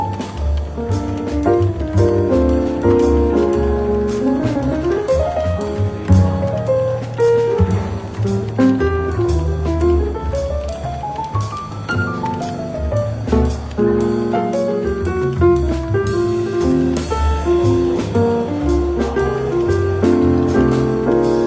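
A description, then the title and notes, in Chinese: Relaxed jazz plays in a bookshop café at a steady, even level. A melodic line, likely piano, climbs and falls in quick flowing runs over a low bass, while light, regular percussion taps keep time throughout. 伦敦书店咖啡馆轻微喧闹氛围与柔和轻松的爵士背景音乐。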